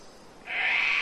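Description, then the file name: Cockatoo screech, a sudden harsh rasping cry that starts midway and holds steady to the end. Mainly cockatoos, close by, among birds in rainforest in Queensland, Australia, early spring, with wind in the trees. "zapsplat nature rainforest ambience wind trees birds mainly cockatoos close by early spring qld australia"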